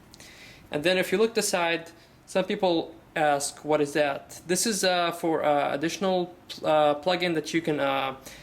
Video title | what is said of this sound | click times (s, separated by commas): 3doodler 2.0 Tutorial / Easy Guide for Beginners - Operating, Drawing & Unboxing - 3D Printing Pen | plug it all the way in until you hear the click just like that | 0.1 s